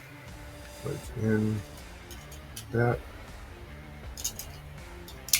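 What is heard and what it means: A 3D-printed plastic slide piece of an out-the-front beard comb mechanism is handled and pushed toward its grooves in the comb housing while someone talks. Light plastic taps and ticks are heard around 2.6 s, 4.2–4.4 s and 5.3 s. Nothing has seated or clicked into place yet when the clip ends.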